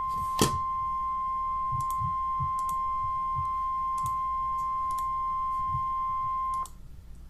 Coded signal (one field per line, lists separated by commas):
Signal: Emergency Alert System (SAME) tones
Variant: 1050 Hz attention tone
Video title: Tornado Emergency for Limestone and Madison County, AL (EAS #499)